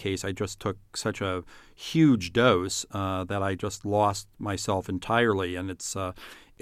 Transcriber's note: none